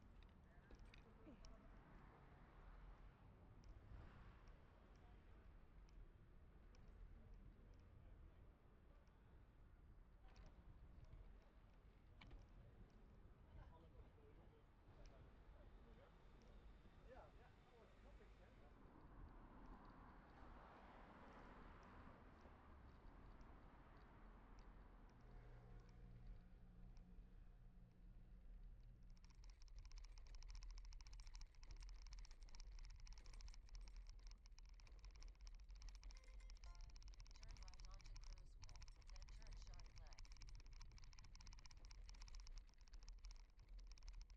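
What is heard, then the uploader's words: A bike ride along Utrecht streets, with a steady low rumble of traffic and tires throughout and scattered voices passing by. Around 25 seconds a low engine hum joins in, and from about 29 seconds a bright, steady hiss covers the rest of the ride. Ride along Utrecht streets: shopping + residential. Pedaling along bike lanes on a main street in Utrecht with a couple diversions along residential streets.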